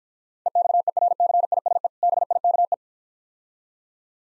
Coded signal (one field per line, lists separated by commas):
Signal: Morse code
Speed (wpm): 50 wpm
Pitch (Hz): 700 Hz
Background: none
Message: EXERCISE BIKE